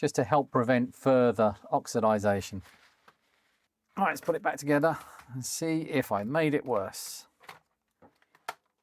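Someone talks while reassembling a Commodore 64 home computer, then pushes the main circuit board down onto the plastic locating lugs of the case after a few faint handling taps. At 8.5 s the board snaps into position with a single sharp click, now seated on lugs it had not been clicking onto before.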